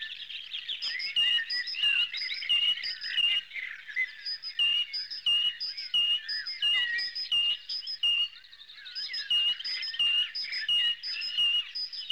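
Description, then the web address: Bird chirps repeated steadily for the whole stretch, bright ringing notes over a dense bed of softer twittering. "animali uccelli uccelli birds"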